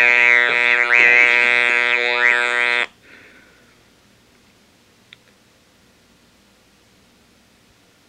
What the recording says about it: Using the electrolarynx with it held in front of my lips.